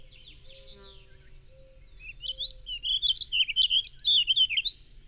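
Bird song: a quick rising note, then a loud, continuous run of high, slurred whistles rising and falling for about three seconds.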